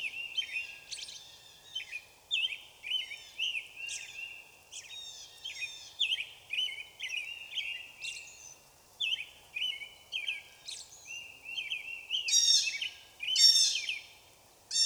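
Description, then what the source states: Blue Jay: harsh, raspy calls repeated about once a second, with two louder, buzzier bursts near the end. Recorded 17 April 2016; blue jays, one of them a screamer.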